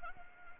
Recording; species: mosquito wingbeat signal from an infrared sensor; Anopheles arabiensis